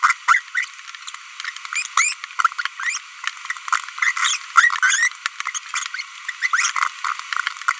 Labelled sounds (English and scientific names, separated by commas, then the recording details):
Green-rumped Parrotlet (Forpus passerinus) babbling
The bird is a female
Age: 25 days
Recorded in a nest box in Venezuela
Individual 17B42B1